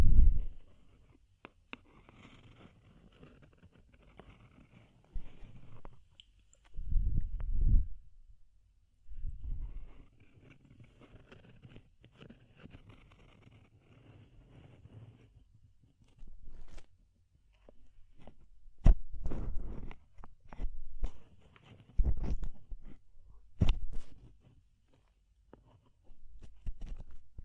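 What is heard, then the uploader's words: Ear cleaning sounds with muffled scraping, rubbing and soft crackling in uneven bursts, separated by near-silent pauses. The low thumps and rustles come at 7–8 seconds, then cluster more densely from 17 to 25 seconds, with sharp clicks scattered throughout. DEEP Ear Penetrating Cleaning.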